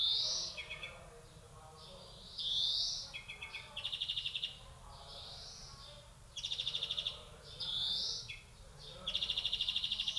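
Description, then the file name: European greenfinch song mixing nasal rising wheezes, short trills and longer bright rattling trills, repeated several times. "Chloris chloris"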